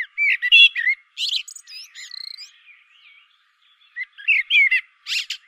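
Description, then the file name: Common blackbird song: two phrases of fluty warbled whistles, each closing with a burst of high, thin, scratchy twittering, separated by a short pause. "Turdus merula"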